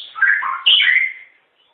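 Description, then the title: Long-tailed shrike song: a short burst of mixed warbled and scratchy notes, then trailing off. "Kicau Burung Pentet"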